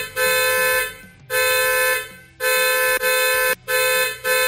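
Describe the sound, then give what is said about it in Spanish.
A man's car horn, sounded for a guessing game about the car's year, blares in four long, loud blasts with short gaps between, the last two coming quicker, a steady buzzy tone rich in harmonics and no voices. “Venga, David, que suene ese claxon.”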